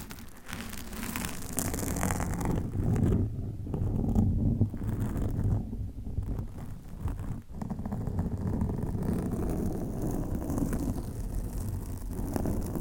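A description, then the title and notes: Dense scratching and rubbing against a microphone, with a heavy, muffled low rumble under a rough, crackling texture. The sound swells and dips in uneven waves, with a brief quiet gap near seven seconds before the scraping resumes and continues steadily. ASMR Mic Scratching Battle with 10 DIFFERENT MICS , Mic Covers & Nails No Talking.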